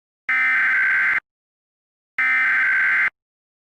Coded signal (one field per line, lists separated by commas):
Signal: Emergency Alert System (SAME) tones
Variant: header bursts